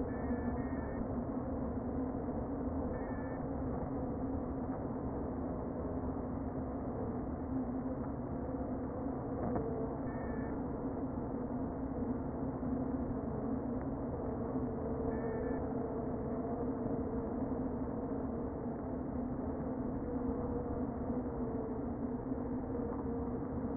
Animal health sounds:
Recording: honeybee colony, microphone inside the hive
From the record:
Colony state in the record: queen present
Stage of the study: before two queens were removed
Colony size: about 60,000 bees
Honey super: yes

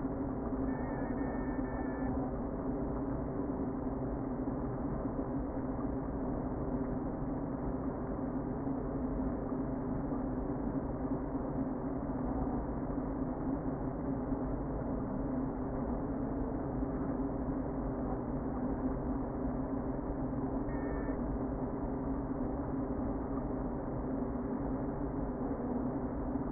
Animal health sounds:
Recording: honeybee colony, microphone inside the hive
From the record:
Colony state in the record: queen present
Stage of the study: before two queens were removed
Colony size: about 60,000 bees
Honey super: yes

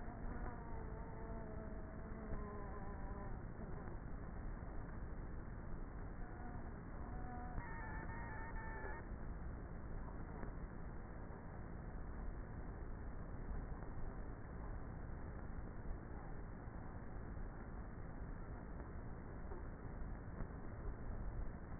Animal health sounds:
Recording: honeybee colony, microphone inside the hive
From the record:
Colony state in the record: queenless with a low population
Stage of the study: before two queens were removed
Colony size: about 30,000 bees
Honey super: no

